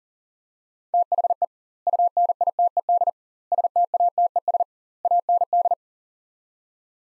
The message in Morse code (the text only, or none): THE UNITED STATES AND